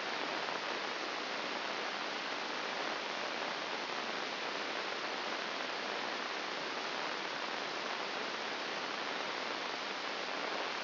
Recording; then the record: brain microelectrode recording played as sound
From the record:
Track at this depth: inside the subthalamic nucleus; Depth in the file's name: 4.302 mm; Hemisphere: left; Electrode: 2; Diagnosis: Parkinson's disease